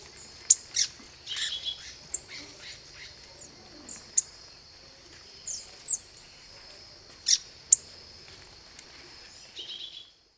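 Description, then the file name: Hooded tanager uttering thin, sharp, very high notes at irregular intervals, some in quick pairs, with a constant high hum underneath. "saira de chapeu preto"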